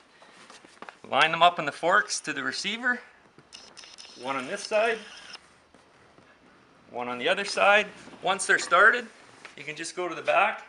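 The backrest brackets of a lift chair are lined up and started onto the seat's receiver forks, first on one side and then the other, while someone talks. Brief handling knocks come near 0.8 s and between 3.4 and 3.8 s. Nothing has been pushed down or clicked into place yet.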